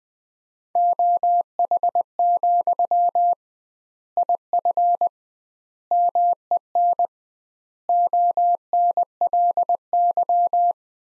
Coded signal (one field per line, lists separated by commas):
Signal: Morse code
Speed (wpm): 20 wpm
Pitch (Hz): 700 Hz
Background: none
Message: OH, IF MEN ONLY